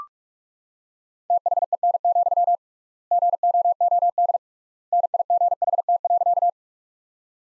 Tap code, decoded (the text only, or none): none